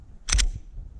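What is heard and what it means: A magazine that was not all the way in, after the magazine release was bumped, is pushed home into a 9mm pistol. A sharp, bright click lands at 0.3 s, with a second burst close behind it, then fades into low background rumble. The magazine is seated.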